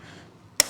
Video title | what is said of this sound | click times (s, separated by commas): Beta 200cc 2-Stroke Engine Assembly: Step-by-Step Visual Guide | Just heard it snap. | 0.6 s